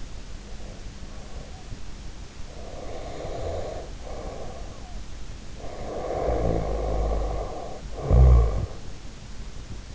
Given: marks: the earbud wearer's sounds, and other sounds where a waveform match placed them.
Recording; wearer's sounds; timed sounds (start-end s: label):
sounds in sleep by an in-ear microphone; breath, snoring breath
0.00-2.01 s: breath
2.45-4.92 s: breath
5.63-9.01 s: snoring breath